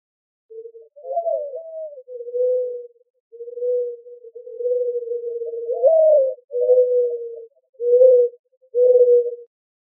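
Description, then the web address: Mourning dove coos, a steady string of low soft notes, some with an upward slur, running almost without break for several seconds. Recorded in Arizona on 28 April 2004. "Doves AZFO MODO 042804. deviche"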